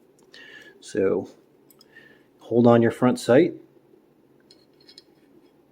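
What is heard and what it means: Someone talks while holding the front sight on a Glock pistol slide and lining up the small sight screw to insert it from the bottom, checking that it is not cross-threaded. The metal tool and screw make light tapping sounds, and nothing has seated or clicked yet.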